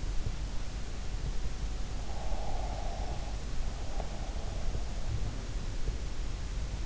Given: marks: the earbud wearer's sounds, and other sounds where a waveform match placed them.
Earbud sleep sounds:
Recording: sounds in sleep by an in-ear microphone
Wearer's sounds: breath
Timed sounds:
2.26-4.38 s: breath

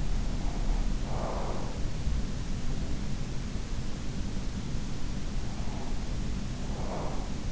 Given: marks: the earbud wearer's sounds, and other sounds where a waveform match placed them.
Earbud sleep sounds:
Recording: sounds in sleep by an in-ear microphone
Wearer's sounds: breath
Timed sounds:
0.00-1.93 s: breath
2.77-4.24 s: breath
5.19-7.47 s: breath

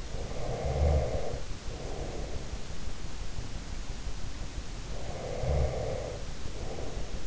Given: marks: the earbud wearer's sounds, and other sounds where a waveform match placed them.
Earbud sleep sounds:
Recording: sounds in sleep by an in-ear microphone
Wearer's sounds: breath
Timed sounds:
0.07-2.58 s: breath
4.84-7.26 s: breath

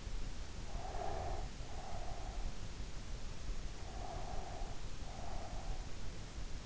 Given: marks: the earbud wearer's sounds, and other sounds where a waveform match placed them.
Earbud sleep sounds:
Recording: sounds in sleep by an in-ear microphone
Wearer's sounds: breath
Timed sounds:
0.78-2.43 s: breath
3.84-5.82 s: breath

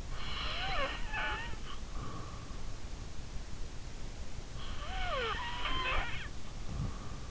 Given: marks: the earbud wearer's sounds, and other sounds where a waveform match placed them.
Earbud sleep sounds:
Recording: sounds in sleep by an in-ear microphone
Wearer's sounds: snoring breath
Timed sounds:
0.05-2.52 s: snoring breath
4.68-7.31 s: snoring breath

